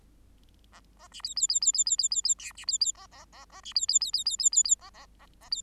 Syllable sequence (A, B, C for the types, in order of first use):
A A B C C C C C C C C C D B C C A A A A B C C C C C C C C A A A A C